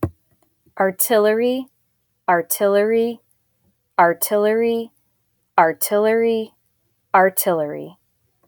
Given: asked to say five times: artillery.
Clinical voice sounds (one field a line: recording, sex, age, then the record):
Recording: repeated word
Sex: female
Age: 30 to 39 years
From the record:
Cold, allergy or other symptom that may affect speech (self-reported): no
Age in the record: 35 years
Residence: Illinois, United States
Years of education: 22